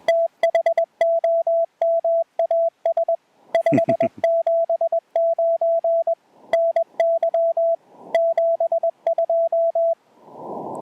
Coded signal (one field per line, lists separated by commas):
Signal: Morse code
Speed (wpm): 21 wpm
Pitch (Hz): 670 Hz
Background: radio noise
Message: THOMAS 579 NY 72